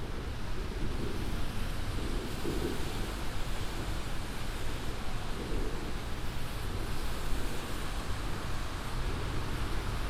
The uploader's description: A binaural field recording, from my studio in Sunset Park to my apartment in Harlem.